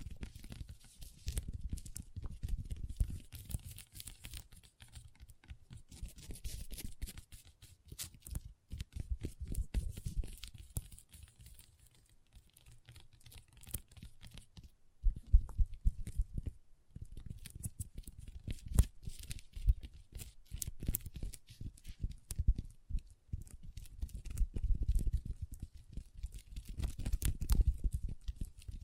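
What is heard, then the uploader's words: Long nails tap and scratch across a tabletop. Dense clusters of crisp clicks and dry scraping strokes come and go, with brief pauses near 15 and 17 seconds, and a soft low thump under many taps. ASMR Table Tapping & Scratching with Long Nails (No Talking).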